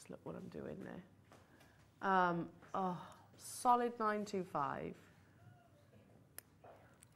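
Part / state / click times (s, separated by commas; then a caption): hinged hoop earring clasp closing into its catch / seated / 6.4 s. A hinged clasp on a sterling silver (925) hoop earring is closed by hand while someone talks. A sharp click at 6.4 s shows the hoop has snapped shut into its catch, and a faint tick follows near the end.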